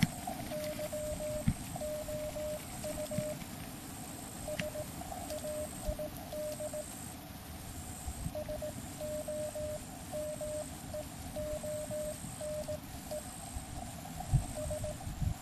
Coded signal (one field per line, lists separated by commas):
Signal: Morse code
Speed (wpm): 18 wpm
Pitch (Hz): 610 Hz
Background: none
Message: YOU SAID SOMEONE S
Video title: QRP Camping in Florida With Weber MTR.